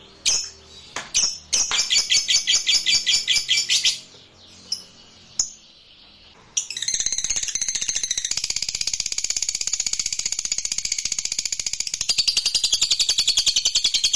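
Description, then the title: Lovebird song: short bursts of rapid, rattling high chirps, then a long continuous stream of fast, shrill twittering that keeps going to the end. Meant to stimulate a lazy, non-singing lovebird to sing spontaneously. "LOVEBIRD Malas Bunyi JADI GREGET SPONTAN Langsung NARIK"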